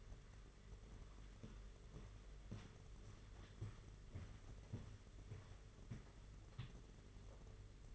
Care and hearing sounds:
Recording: daily activity, microphone in the room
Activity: walk to room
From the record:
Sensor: 4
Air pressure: 991.9 hPa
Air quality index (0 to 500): 86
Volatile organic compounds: 6 ppm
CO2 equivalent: 1944 ppm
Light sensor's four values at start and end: 21/74/27/28 and 21/74/27/28

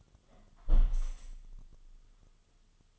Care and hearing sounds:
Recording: daily activity, microphone in the room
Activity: close window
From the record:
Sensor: 4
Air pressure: 1005.5 hPa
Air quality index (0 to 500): 100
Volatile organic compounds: 2 ppm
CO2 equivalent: 1242 ppm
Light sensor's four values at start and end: 13/29/11/11 and 13/29/11/11

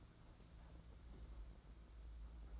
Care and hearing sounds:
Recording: daily activity, microphone in the room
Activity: place on stove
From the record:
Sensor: 3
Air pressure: 992.0 hPa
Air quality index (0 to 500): 228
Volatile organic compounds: 1000 ppm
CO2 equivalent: 7859 ppm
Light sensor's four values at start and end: 24/73/30/25 and 24/73/30/25

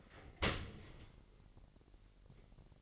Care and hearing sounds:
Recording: daily activity, microphone in the room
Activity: open dishwasher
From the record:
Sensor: 4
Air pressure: 1001.5 hPa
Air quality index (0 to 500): 247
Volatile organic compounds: 41 ppm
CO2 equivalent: 3162 ppm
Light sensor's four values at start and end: 8/18/7/6 and 8/17/7/6

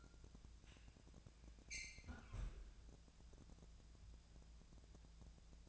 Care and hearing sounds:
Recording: daily activity, microphone in the room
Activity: close fridge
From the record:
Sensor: 2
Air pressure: 999.9 hPa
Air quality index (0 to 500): 124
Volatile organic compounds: 2 ppm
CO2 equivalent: 1066 ppm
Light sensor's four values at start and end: 31/78/33/37 and 31/78/33/37

